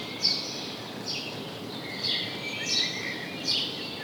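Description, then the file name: House sparrow chirping, about five short descending chirps at irregular intervals, with light background hiss. "Passer domesticus"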